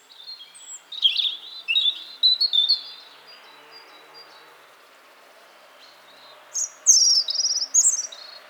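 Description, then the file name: European robin song with a scratchy, warbling high phrase, a long pause, then a higher, sparkling run of thin notes. "Erithacus rubecula"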